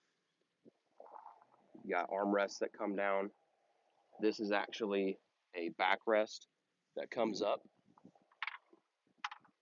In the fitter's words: and locks into place so